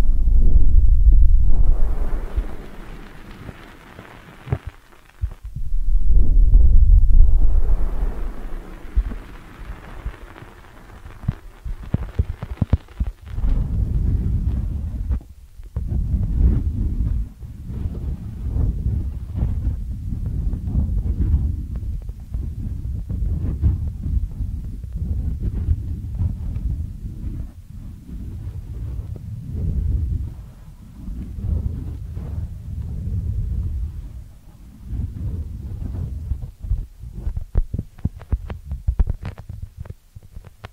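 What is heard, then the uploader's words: Muffled ear cleaning sounds: deep rumbling rubs and soft thuds. The first seconds are loudest, with heavy swells near the start and around six seconds. After that comes a steady run of dense, low scraping and crackling that continues to the end. ASMR 10 Sleep Inducing Ear Cleaning Triggers with 3D Brain Penetration (No Talking).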